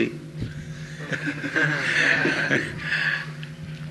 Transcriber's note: laughs